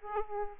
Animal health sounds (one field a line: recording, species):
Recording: mosquito wingbeat signal from an infrared sensor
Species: Aedes aegypti